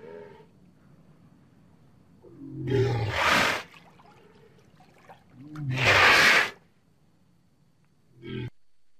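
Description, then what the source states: Walrus utters two coarse roars with low grunting starts, about three seconds apart, then a short final grunt, over a soft background rumble. Antarctica.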